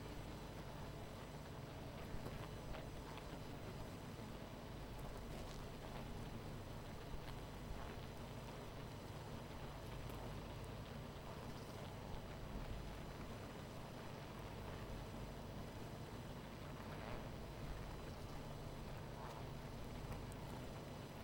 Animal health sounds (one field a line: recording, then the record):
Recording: honeybee colony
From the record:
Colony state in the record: missing queen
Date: 14 July 2017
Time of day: 19:11